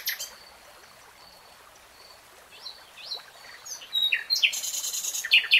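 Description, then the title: Nightingale song partly masked by steady hiss: faint scattered whistles, then louder, rasping, quickly repeated notes toward the end. Singing, from a 3-hour real-time recording. "[Tiếng chim hót] REALTIME Nightingale Singing"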